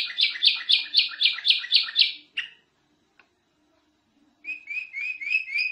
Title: Suara Kenari Gacor Suara Kicau Burung Kenari Gacor Juara 1 Tingkat N